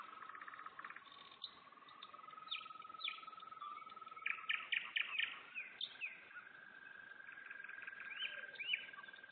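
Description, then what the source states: Nightingale song with a burst of rapid, evenly repeated notes midway, framed by whistles and trills. Singing in Turek, Poland.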